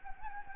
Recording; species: mosquito wingbeat signal from an infrared sensor; Anopheles gambiae